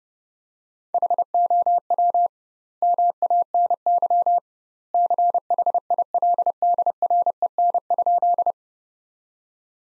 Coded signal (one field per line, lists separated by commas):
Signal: Morse code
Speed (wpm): 32 wpm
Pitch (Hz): 700 Hz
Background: none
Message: HOW MANY CHILDREN?